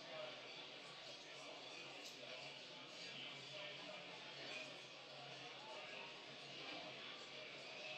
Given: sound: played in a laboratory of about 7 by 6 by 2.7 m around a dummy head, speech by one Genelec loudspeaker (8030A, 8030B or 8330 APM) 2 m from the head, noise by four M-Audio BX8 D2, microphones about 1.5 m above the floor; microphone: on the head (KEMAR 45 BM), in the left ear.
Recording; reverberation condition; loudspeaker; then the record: cafeteria noise; medium; four, about 170 cm from the corners of the room and facing them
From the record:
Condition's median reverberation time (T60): about 510 ms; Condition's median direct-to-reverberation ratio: about -0.5 dB